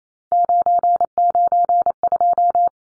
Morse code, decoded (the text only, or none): 992